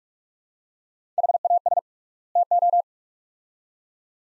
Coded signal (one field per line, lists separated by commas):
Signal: Morse code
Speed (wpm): 46 wpm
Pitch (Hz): 700 Hz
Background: none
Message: HAS TO